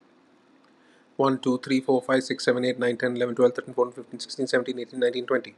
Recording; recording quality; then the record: counting at a fast pace; excellent, no background noise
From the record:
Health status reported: COVID-19 positive, mild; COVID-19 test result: positive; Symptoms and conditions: muscle pain, loss of smell and taste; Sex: male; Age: 34 years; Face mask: not worn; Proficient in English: yes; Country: India